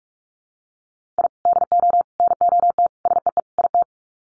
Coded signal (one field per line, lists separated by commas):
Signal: Morse code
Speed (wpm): 44 wpm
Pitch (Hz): 700 Hz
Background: none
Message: I DO NOT SEE IT